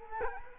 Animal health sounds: mosquito wingbeat signal from an infrared sensor; Culex quinquefasciatus

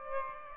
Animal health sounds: mosquito wingbeat signal from an infrared sensor; Aedes aegypti

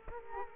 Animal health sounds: mosquito wingbeat signal from an infrared sensor; Culex quinquefasciatus

